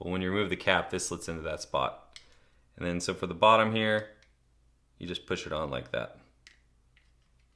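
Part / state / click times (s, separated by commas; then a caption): display stand post into die-cast aircraft underside slot / seated / 6.5 s. Someone talks while the top post of a display stand is pushed into the underside slot of a Hobby Master F-16 Falcon die-cast jet model, where a cap has been removed. A short, sharp click at 6.5 s marks the post locking in place, followed by a fainter tick.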